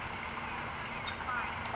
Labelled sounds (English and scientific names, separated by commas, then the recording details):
California Towhee (Melozone crissalis)
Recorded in Sonoma County, California